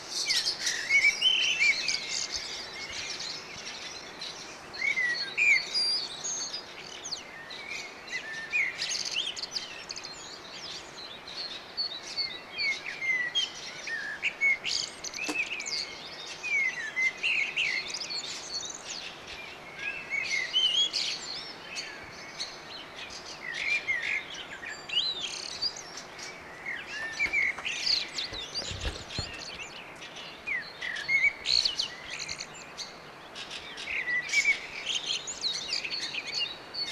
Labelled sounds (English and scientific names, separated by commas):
Common Blackbird (Turdus merula) song